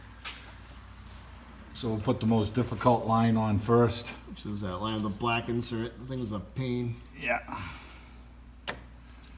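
On a 1999–2004 Jeep Grand Cherokee, a fuel line quick-disconnect coupling with a black insert is lined up and handled at the fuel filter outlet while someone talks, with a brief tap near 0.4 s. The fitting has not snapped or seated onto the filter yet.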